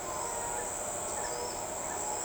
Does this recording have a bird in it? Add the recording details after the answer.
no. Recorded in shrubland near Pivijay, Magdalena, Colombia, on 13 April 2023 at 06:00. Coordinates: 10.453, -74.365. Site P5-G022